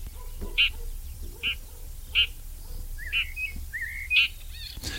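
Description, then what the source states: Red-backed Shrike giving short, harsh call notes about once a second, with a few brief rising whistles near the end, over low rumbling background noise. Heard giving alarm, contact or anxiety calls; sings only softly; like a small raptor living in bushes.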